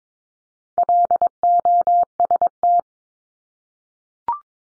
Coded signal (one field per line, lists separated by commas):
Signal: Morse code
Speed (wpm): 22 wpm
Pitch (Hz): 700 Hz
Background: none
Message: LOST